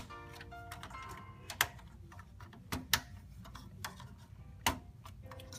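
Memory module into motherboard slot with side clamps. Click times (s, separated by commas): 1.6 s, 2.9 s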